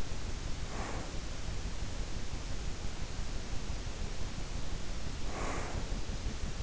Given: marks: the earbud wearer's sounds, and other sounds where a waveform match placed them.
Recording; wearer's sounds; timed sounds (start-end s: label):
sounds in sleep by an in-ear microphone; breath
0.56-1.08 s: breath
5.11-5.99 s: breath